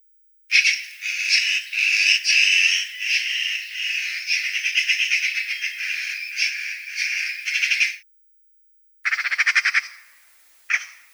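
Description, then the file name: Eurasian magpie producing a long, grating chatter of rasping notes for several seconds, then a short fast rattle after a brief silence, and one final harsh note. "Soroka"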